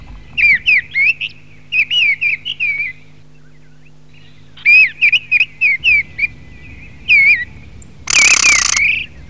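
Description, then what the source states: Mistle thrush delivering clear, fluted whistled phrases in quick groups, a short silence, more phrases, then a single harsh noisy burst near the end. Filtered recording.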